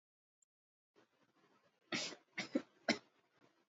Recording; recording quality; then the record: shallow voluntary cough; excellent, no background noise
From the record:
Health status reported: exposed to COVID-19, no respiratory illness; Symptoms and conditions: none ticked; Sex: female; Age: 22 years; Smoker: not ticked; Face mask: worn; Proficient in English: yes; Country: India